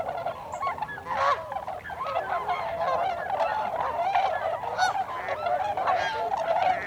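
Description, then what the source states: Tundra swan flock giving many overlapping high, bugling honks, some rising and falling, forming a steady, busy chorus with no pauses. Recorded 26 December 2020.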